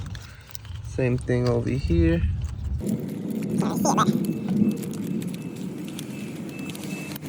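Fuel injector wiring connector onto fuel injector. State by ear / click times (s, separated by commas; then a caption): seated / 6.0 s. An electrical wiring connector is pushed onto a fuel injector, out of view, on the 3.8L V6 engine of a 2004–2007 Pontiac Grand Prix while someone talks. Handling noises lead up to a sharp click at 6.0 s as the connector seats on the injector; the connector has a green locking tab that gets pushed down.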